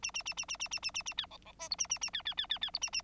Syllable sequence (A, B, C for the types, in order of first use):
A A A A A A A A A A B C C D E A A A B B B B B E A A